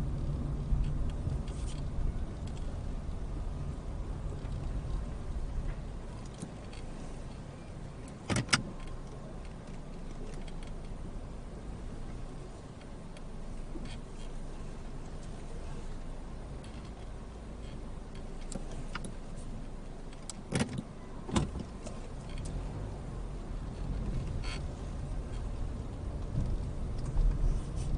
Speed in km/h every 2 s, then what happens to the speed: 13, 8, 3, 0, 0, 0, 0, 0, 0, 0, 0, 0, 10, 13.
0-5 slows to 0. 5-22 standing. 22-28 pulls away to 13.